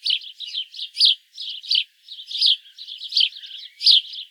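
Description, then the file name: House sparrow calling, a quick series of scratchy chirps in small clusters, with louder notes at intervals and softer chatter between. "Passer domesticus"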